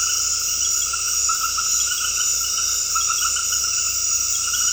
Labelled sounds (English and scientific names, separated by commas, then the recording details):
none
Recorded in dense forest near Puerto Asís, Putumayo, Colombia, on 19 February 2024 at 21:30
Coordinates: 0.485, -76.318
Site G6408